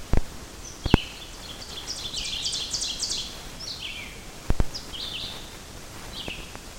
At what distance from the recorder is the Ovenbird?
about 25 m